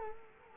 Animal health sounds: mosquito wingbeat signal from an infrared sensor; Culex quinquefasciatus

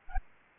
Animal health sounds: mosquito wingbeat signal from an infrared sensor; Aedes albopictus

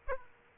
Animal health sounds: mosquito wingbeat signal from an infrared sensor; Aedes aegypti

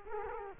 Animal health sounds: mosquito wingbeat signal from an infrared sensor; Culex quinquefasciatus

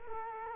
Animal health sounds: mosquito wingbeat signal from an infrared sensor; Culex quinquefasciatus

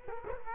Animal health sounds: mosquito wingbeat signal from an infrared sensor; Culex quinquefasciatus

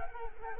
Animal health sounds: mosquito wingbeat signal from an infrared sensor; Culex quinquefasciatus

